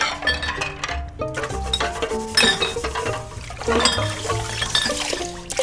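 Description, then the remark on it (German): Glasses and empty bottles clink and knock together in a busy, continuous clatter while tidying up, the glasses being collected and the empty bottles put into a bucket, with bright ringing tones and splashy, watery sounds mixed in, no voices. “Bringen Sie mir mal alle Gläser. Die leeren Flaschen in den Eimer.”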